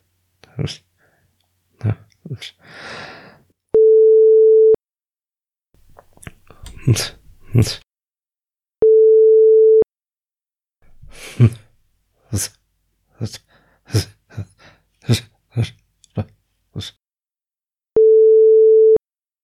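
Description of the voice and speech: An adult man's simple vocal tics of Tourette syndrome: short grunts, clicks, lip smacks, tongue movements and hums in irregular clusters, separated by steady sine-wave tones.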